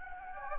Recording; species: mosquito wingbeat signal from an infrared sensor; Anopheles gambiae